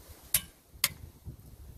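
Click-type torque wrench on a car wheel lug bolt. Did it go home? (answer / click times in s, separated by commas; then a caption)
yes / 0.3 s, 0.8 s. A click-type torque wrench tightens a wheel lug bolt on a 2010 BMW 328i sedan during a front brake pad and rotor install, with the car lowered so the tire touches the ground and carries a little weight. Two sharp, bright metallic clicks sound at 0.3 s and 0.8 s over quiet low rumble. Each click marks the wrench reaching its torque setting on the bolt.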